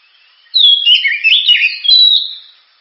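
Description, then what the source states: Oriental magpie-robin singing one dense phrase of mixed whistles and warbled notes, lasting about two seconds before fading. Champion bird.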